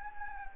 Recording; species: mosquito wingbeat signal from an infrared sensor; Anopheles gambiae